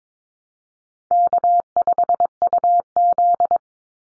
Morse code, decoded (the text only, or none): K5UZ